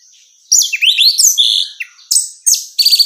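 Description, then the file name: Orange-headed thrush delivering a dense, high, slurred warbling phrase followed by a few short sharp notes. Female bird. "suara burung anis merah betina"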